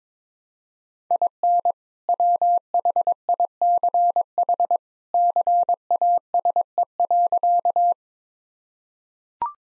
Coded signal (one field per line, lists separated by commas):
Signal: Morse code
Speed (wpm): 22 wpm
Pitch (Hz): 700 Hz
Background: none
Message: IN WHICH CASE.